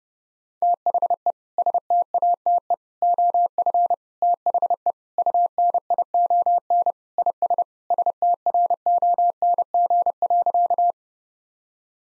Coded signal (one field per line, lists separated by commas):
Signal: Morse code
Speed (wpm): 32 wpm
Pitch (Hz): 700 Hz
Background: none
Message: THE STATE OF THE UNION IS STRONG.